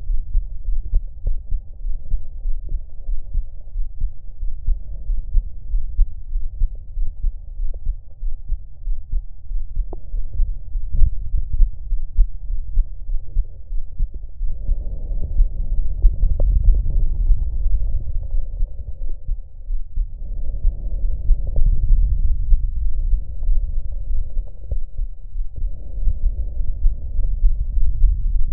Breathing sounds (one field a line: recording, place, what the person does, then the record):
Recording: lung sounds by stethoscope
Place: right anterior apical chest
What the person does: quiet breathing, then deep breathing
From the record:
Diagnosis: none (healthy)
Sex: male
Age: 23 years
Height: 185 cm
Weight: 93 kg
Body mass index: 27.2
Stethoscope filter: extended mode